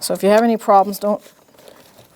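Someone talks while handling the main harness connector for the window switch on a 2013-2018 Toyota RAV4 during a front window regulator replacement, its slide lock brought up to lock in place. After the talking, faint handling noise follows with small ticks around 1.7 and 2.2 seconds. The connector has not seated or clicked into the switch yet.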